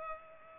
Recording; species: mosquito wingbeat signal from an infrared sensor; Culex pipiens